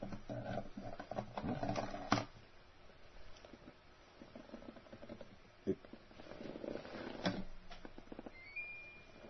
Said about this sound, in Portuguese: deixa eu ligar aqui o ar-condicionado, porque está muito calor.